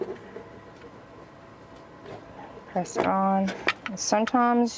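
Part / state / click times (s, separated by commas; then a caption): cord pressed into the cord channel of a sewing machine foot control / not seated / none. A sewing machine power cord is pressed flat by hand into the plastic retaining channel of the foot control housing. Quiet handling noise comes first, then someone talks from about 2.8 s. The cord is only being handled and has not snapped into the groove yet.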